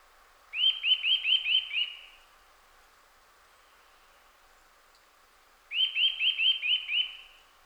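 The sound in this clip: Eurasian nuthatch calls in two bursts of six clear, upslurred whistles, delivered rapidly, separated by a few seconds of near silence.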